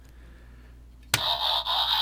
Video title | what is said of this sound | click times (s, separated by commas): Transformers Animated Leader Class Ultra Magnus | and then this whole piece flips down and on each side when you snap this piece down | 1.1 s